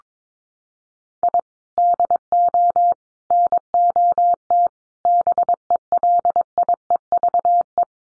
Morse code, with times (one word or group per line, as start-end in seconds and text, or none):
1.2-1.4 I
1.8-2.9 DO
3.3-4.7 NOT
5.1-7.8 BELIEVE